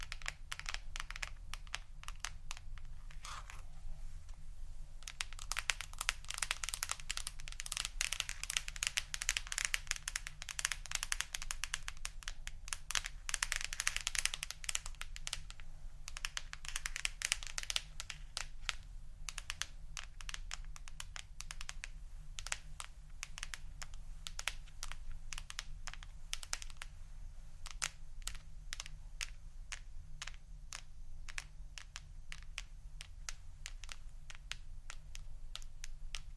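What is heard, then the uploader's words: Rapid tapping fills the whole stretch, dense fingertip clicks on a hard surface that sound much like typing, crisp. A busier, brighter burst of scratchy tapping runs from about 5 to 18 seconds, then sparser sharp taps continue over a steady low hum. ASMR Intoxicating Tapping New Triggers（No Talking）.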